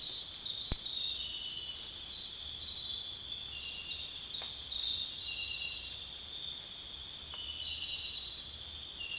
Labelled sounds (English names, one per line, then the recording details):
none
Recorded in dense forest near Puerto Asís, Putumayo, Colombia, on 29 June 2025 at 01:30
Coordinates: 0.466, -76.327
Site GP04